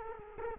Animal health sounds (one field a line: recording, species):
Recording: mosquito wingbeat signal from an infrared sensor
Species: Culex quinquefasciatus